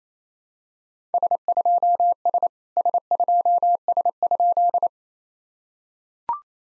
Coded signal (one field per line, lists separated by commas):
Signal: Morse code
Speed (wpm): 28 wpm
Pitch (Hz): 700 Hz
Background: none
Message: S2S S2S?